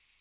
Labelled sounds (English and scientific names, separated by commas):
American Redstart (Setophaga ruticilla) flight call